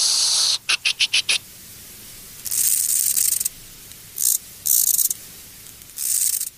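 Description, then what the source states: Short-winged conehead singing, a high hiss broken by a quick run of five ticks, then longer hissing bursts alternating with short pauses. Soft, gentle hissing song in the wild that changes gear every few seconds with a slow-down tick-tick-tick; lives among tall grasses and reeds and can be confused with wind in them.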